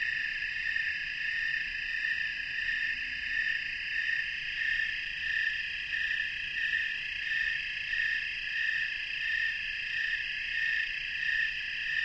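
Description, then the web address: Snowy tree cricket chorus, a steady high trilling band pulsing in unison about one and a half times per second, with no other sounds standing out. A chorus of snowy tree crickets in North America. "Natures Songs N America Songs of Insects -Snowy Tree Cricket chorus"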